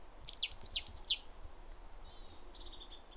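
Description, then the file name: Great tit call burst: several quick, steeply falling high sweeps in about a second, followed by thin, level high tones. "Parus major"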